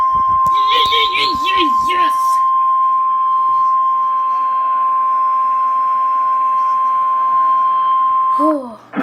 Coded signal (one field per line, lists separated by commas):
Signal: Emergency Alert System (SAME) tones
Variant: 1050 Hz attention tone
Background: speech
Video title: Severe Thunderstorm Warning | EAS #125